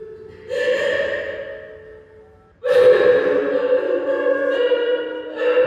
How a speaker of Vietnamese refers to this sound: tôi cũng nghe ra trong quan tài có sự lạ. Quỷ âm như tiếng khóc lóc thở than kia lại xuất hiện, vội kéo cô lùi lại một bước.